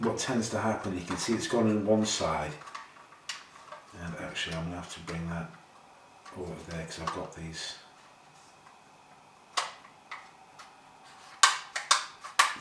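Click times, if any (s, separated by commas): 11.4 s, 11.9 s, 12.4 s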